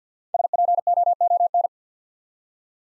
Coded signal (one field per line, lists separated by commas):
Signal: Morse code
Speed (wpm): 48 wpm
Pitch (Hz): 700 Hz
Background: none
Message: SPOON